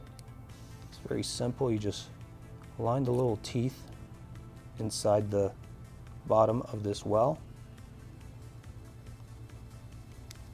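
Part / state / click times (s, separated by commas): LED flushmount turn signal into motorcycle fairing signal well / seated / 10.3 s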